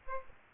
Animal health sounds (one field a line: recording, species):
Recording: mosquito wingbeat signal from an infrared sensor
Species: Aedes aegypti